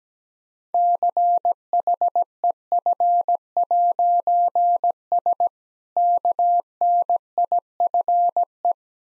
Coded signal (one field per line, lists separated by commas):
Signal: Morse code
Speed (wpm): 17 wpm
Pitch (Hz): 700 Hz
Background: none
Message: CHEF'S KNIFE